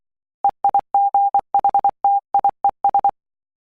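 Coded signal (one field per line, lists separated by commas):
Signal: Morse code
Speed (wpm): 24 wpm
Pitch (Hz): 800 Hz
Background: none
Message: EIGHTIES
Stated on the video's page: Morse code practice drill on letters D, K, G, O, H.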